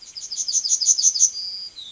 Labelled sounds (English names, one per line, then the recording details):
Yellowhammer song
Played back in forest
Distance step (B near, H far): C
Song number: 173